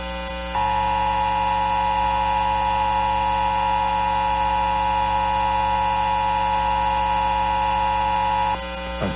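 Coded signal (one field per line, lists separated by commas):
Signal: Emergency Alert System (SAME) tones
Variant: 853 and 960 Hz attention tone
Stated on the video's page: EAS Required Monthly Test, Minnesota statewide, relayed by FM stations KDAL Duluth, KOWZ Waseca and KWNG Red Wing; the KWNG relay failed.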